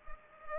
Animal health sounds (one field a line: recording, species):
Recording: mosquito wingbeat signal from an infrared sensor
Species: Culex pipiens